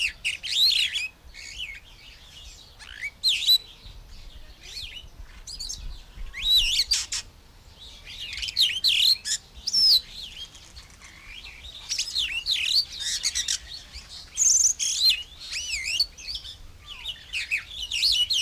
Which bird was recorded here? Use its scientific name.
Agropsar sturninus